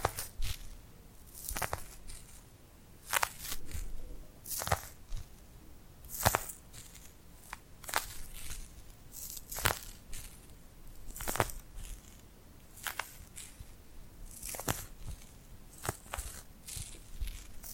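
Tingly glued hand sounds: sticky crackling peels as hands pull apart, sharp bright snaps landing roughly every one to two seconds. Between the snaps run softer rustles and small crackles, with a low steady murmur underneath throughout.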